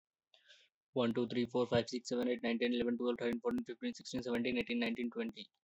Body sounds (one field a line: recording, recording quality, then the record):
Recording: counting at a fast pace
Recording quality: excellent, no background noise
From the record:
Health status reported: respiratory illness, not identified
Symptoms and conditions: breathing difficulty, asthma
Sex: male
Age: 18 years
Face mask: not worn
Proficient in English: no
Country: India